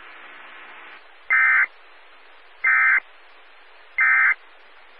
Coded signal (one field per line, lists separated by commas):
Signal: Emergency Alert System (SAME) tones